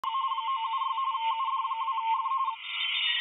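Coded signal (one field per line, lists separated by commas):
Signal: RTTY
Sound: rapid warbling two-tone teletype chatter, with many overlapping higher data tones behind it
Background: other RTTY signals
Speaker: the waterfall is fully loaded with digital signals and these signals and this frequency is not an ft8 signals these are radio teletype rtty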